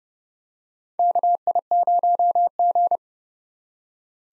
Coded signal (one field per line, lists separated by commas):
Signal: Morse code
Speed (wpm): 30 wpm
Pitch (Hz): 700 Hz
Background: none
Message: KI0G